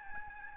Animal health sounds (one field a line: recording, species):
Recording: mosquito wingbeat signal from an infrared sensor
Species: Aedes albopictus